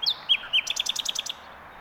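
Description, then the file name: Common nightingale singing a short phrase: a few clear high whistles, then a fast, evenly spaced series of several sharp repeated notes. "Luscinia megarhynchos"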